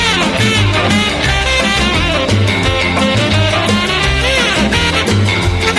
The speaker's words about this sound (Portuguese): Som de sax sempre me conquista. Saxão foda. Caralho, isso é um grito de metal praticamente.